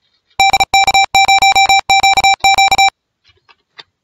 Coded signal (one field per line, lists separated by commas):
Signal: Morse code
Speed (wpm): 34 wpm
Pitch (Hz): 2350 Hz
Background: none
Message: DK0QQ